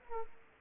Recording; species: mosquito wingbeat signal from an infrared sensor; Aedes aegypti